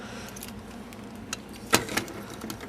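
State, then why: Not seated. A plastic limb section of a Transformers Dark of the Moon Human Alliance Roadbuster transforming action figure is rotated toward its locked position on the figure body, producing a few brief, sharp plastic ticks and rattles, the loudest near 1.8 s. The joint won't go, and nothing has snapped into place yet.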